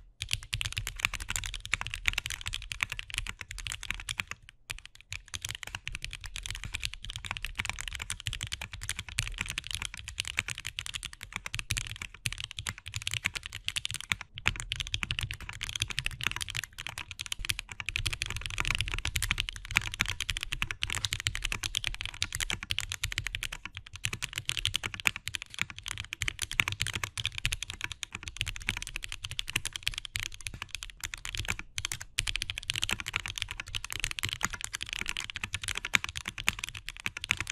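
Typing on a mechanical keyboard, with dense, fast keystrokes running steadily through the whole recording. Each press gives a deep, muted thock with a crisp click on top. Brief pauses near 5 and 14 seconds break the rhythm before typing resumes.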